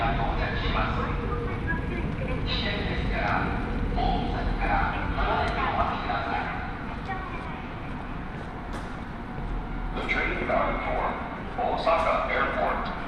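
A steady low rumble runs through a train journey toward Osaka Airport, with a faint held whine above it. Voices speak in bursts across the whole stretch, and a few sharp clicks and taps stand out near the end.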